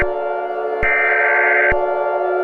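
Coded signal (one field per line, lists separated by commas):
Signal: Emergency Alert System (SAME) tones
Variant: header bursts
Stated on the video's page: Fictional EAS scenario about an amethyst-like tornado.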